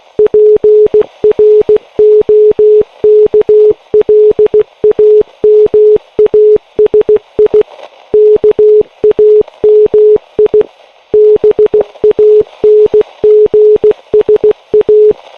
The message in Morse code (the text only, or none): PROKLAMASI KAMI BANGSA